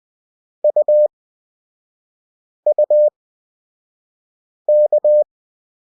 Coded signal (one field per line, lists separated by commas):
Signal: Morse code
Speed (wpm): 20 wpm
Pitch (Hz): 600 Hz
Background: none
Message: UUK